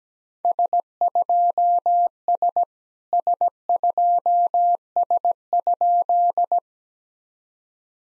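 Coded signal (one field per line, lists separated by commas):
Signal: Morse code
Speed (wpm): 17 wpm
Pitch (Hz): 700 Hz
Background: none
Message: S2S S2S?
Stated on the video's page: Simulated SOTA Morse exchanges at 17 wpm, each sent in Morse, spoken, then sent again in Morse.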